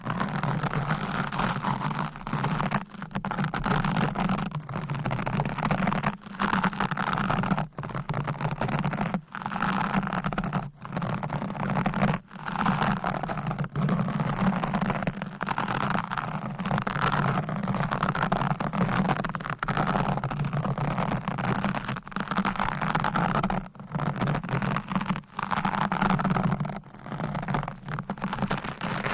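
Deep scratching, brushing and stroking on a microphone, a dense, continuous rubbing texture with a strong low rumble under a rough, hissy top. The strokes run almost without pause, broken by brief, irregular dropouts every second or two, much like an idling engine.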